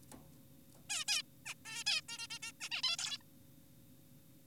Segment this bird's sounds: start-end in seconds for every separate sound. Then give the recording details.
0.90-1.05, 1.08-1.22, 1.46-1.54, 1.66-1.84, 1.86-2.01, 2.09-2.18, 2.18-2.27, 2.30-2.39, 2.43-2.52, 2.61-2.69, 2.72-2.82, 2.84-2.96, 2.99-3.18, 3.21-3.23. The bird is an adult. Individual g4p5U